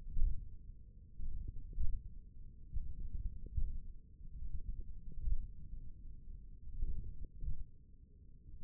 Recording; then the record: forearm muscle sounds (acoustic myography)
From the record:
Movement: tripod grip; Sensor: system 1, eight BSWA MPA416 microphones around the upper forearm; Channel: 1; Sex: male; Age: 28 years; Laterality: right